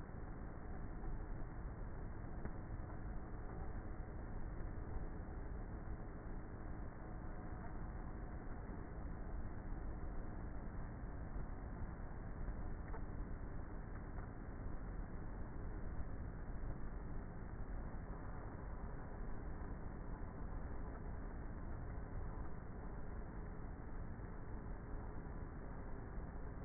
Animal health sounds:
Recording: honeybee colony, microphone inside the hive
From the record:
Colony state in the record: queenless with a low population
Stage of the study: before two queens were removed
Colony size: about 30,000 bees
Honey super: no

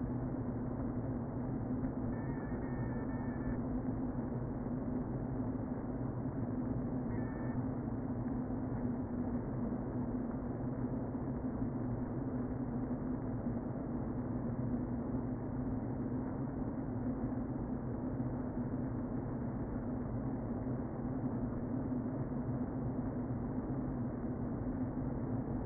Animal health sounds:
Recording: honeybee colony, microphone inside the hive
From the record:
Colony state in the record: queen present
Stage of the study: before two queens were removed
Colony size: about 60,000 bees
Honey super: yes

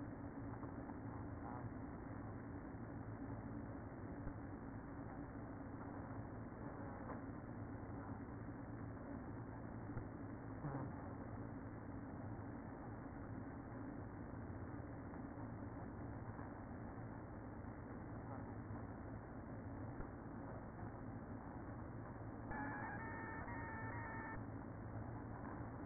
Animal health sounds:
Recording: honeybee colony, microphone inside the hive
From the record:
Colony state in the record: queen present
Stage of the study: after two queens were removed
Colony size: about 60,000 bees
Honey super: yes

